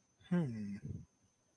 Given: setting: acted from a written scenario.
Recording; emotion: vocal sound without words; interest